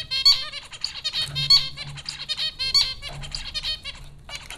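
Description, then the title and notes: Zebra finches calling steadily, bright nasal toy-trumpet notes with rich harmonics in quick overlapping series, a faint low hum underneath. Several zebra finches recorded at Popcorn School, Flatbush, Brooklyn, New York, in April 2009. "Dronecast No. 030: The Popcorn Finches Four from Apr 15, 2009. Zebra finches recorded by Dan Bodah at Popcorn School, Flatbush, Brooklyn NY in April 2009"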